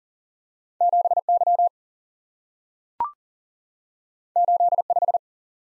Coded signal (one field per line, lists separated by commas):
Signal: Morse code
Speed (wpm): 41 wpm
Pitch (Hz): 700 Hz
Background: none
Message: 7Y 85